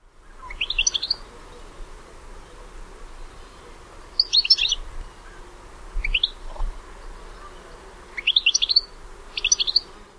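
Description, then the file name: European goldfinch calls: brief tinkling, twittering bursts, five spaced over ten seconds, each a quick cluster of high liquid notes, against a low background hum. "Carduelis carduelis"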